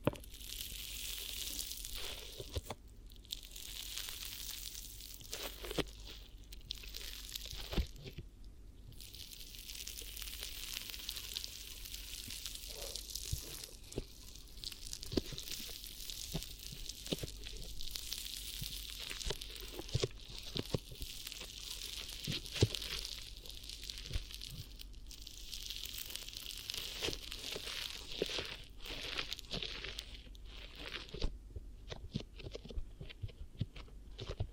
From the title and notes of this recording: ASMR 10 Hypnotic Triggers Around Your Head and Ears (No Talking).